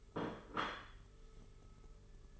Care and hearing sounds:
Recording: daily activity, microphone in the room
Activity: place plate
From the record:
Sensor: 4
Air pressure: 991.7 hPa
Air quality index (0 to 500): 126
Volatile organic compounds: 35 ppm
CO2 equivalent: 3056 ppm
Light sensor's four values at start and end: 19/64/24/24 and 19/64/24/24

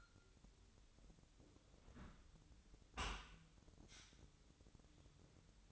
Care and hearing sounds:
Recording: daily activity, microphone in the room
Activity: close dishwasher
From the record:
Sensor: 3

